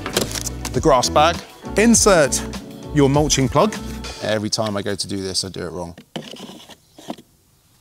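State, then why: Not seated. Someone talks while handling and lining up the plastic mulch plug at the rear discharge opening of a Greenworks 40V/48V battery lawn mower, with music underneath. A few short handling knocks are heard near the start and near the end, but the plug has not been pushed in and nothing has clicked yet.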